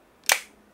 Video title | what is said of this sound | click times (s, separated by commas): 한때 비지니스 맨의 상징이었던 모토로라 스타택을 안드로이드 폰으로 개조해봤습니다. | Clic. Sí, estaba bien hecho. | 0.3 s